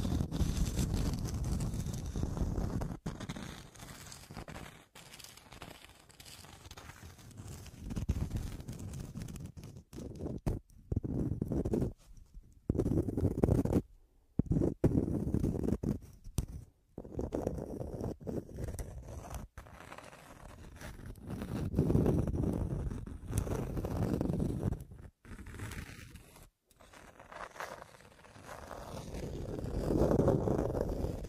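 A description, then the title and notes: Scratching runs through the clip as rough, low, rumbling strokes that swell and fade every second or two. The sound cuts out abruptly several times, with brief silent gaps clustered between about ten and sixteen seconds, then resumes in denser, louder passes. Pure Scratching.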